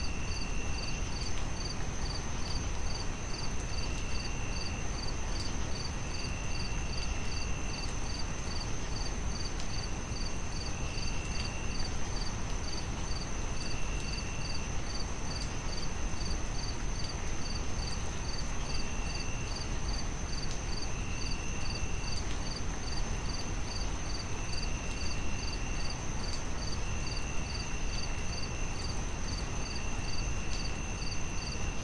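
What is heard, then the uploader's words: Crickets chirp in a fast, even pulse high in pitch, with a second, lower insect trill coming in short bursts every few seconds. Beneath them runs a steady, dense hiss of white noise that never changes, giving a calm night feel. A gentle night soundscape. The stage is set with the rhythmic melody of chirping crickets. White noise adds a layer of tranquility, smoothing out the edges of the surrounding sounds.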